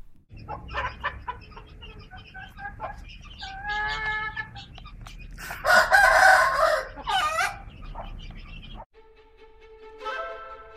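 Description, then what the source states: Chicken: hen clucking in quick repeated notes, then a louder, harsher squawking burst, followed by a different tonal sound after an abrupt cut. A real hen, heard for comparison with an oboe imitation of a hen in an orchestral piece.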